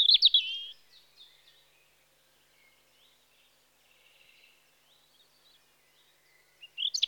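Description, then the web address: European robin song, a bright warbled phrase at the start and another beginning at the end, soft faint notes between. Spring. "BBC Sound Effects Library Birds Robin (Erithacus Rubecula) Spring"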